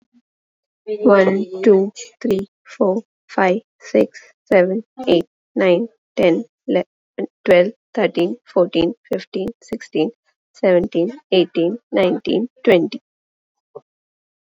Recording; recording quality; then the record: counting at a normal pace; excellent, no background noise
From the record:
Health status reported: exposed to COVID-19, no respiratory illness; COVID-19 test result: negative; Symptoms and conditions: cough, asthma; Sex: female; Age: 33 years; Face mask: not worn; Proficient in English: yes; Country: India